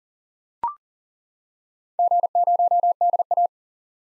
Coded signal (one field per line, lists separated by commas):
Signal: Morse code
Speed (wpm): 37 wpm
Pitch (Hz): 700 Hz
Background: none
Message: G0DA